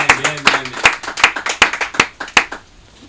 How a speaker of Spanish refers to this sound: Un aplauso con el cabrón.